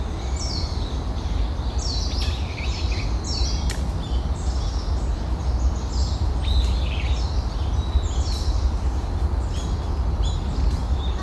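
Small birds chirp and twitter in short, bright phrases every second or so over a steady, dense rush of flowing water from a stream. The water's low roar stays constant throughout, with a few sharp clicks and snaps scattered in.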